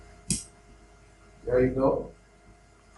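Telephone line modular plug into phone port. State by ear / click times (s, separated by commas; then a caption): seated / 0.3 s. A telephone line cable's plastic modular plug is pushed into the port on a phone device and seats with one sharp click at 0.3 s. Afterward, someone talks.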